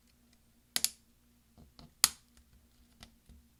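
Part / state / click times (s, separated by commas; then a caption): laptop key cap onto keyboard scissor clips / seated / 0.8 s, 2.0 s. A replacement plastic number one key cap is pressed down onto the four scissor clips of a mid-2010 13-inch MacBook Pro 1278 (2.66 GHz, MC375) laptop keyboard, with a finger wiggle, presses on its edges and then a test of the key. Sharp snapping clicks ring out at 0.8 s and 2.0 s, followed by fainter taps near 1.8 s, 2.4 s and 3.0 s. The key cap is seated and looks good.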